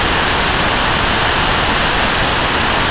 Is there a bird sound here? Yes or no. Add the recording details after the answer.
no. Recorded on Arctic tundra, site NAIT-1, on 25 June 2018. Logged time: 03:00